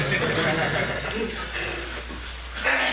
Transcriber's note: laughter